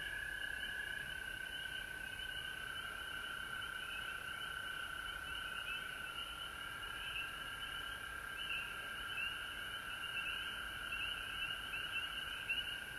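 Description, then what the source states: Frogs calling in a dense chorus, a steady high continuous trill overlaid with brief rising chirps that come and go through the recording. Frogs recorded at home in Georgia on March 19, 2020.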